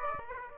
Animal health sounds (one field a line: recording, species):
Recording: mosquito wingbeat signal from an infrared sensor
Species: Aedes aegypti